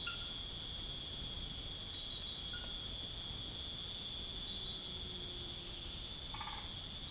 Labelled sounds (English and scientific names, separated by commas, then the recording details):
none
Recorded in secondary vegetation near Puerto Asís, Putumayo, Colombia, on 24 March 2025 at 23:30
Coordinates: 0.489, -76.322
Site G042